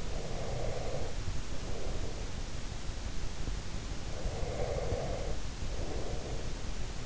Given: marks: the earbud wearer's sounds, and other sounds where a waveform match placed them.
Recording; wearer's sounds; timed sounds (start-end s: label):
sounds in sleep by an in-ear microphone; breath
0.00-2.64 s: breath
4.20-6.89 s: breath